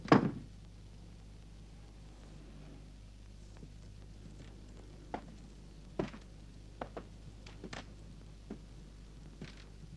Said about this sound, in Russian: Олейников захлопывает дверь за конвоиром.